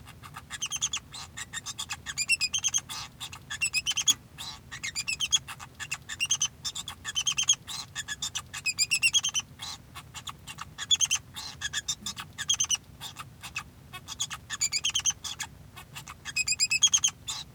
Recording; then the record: song of a male Bengalese finch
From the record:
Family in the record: son of father 2